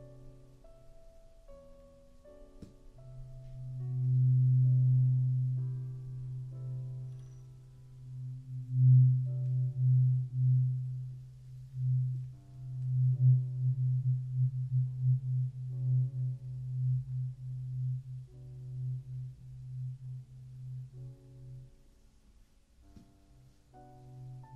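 Traditional Chinese ear cleaning, marked by a low, steady ringing hum that starts about three seconds in and continues to the end. The hum swells loudest around five seconds, then wavers and pulses unevenly, with a few faint clicks and light scrapes on top.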